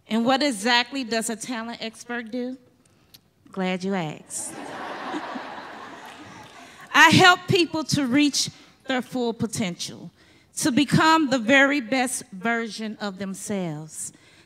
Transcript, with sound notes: And what exactly does a talent expert do? Glad you asked. [laughter] I help people to reach their full potential, to become the very best version of themselves.